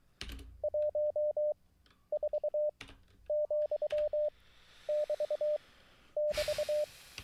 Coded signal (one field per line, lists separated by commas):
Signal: Morse code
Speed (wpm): 23 wpm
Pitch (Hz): 600 Hz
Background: none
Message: 14,<BT><BT>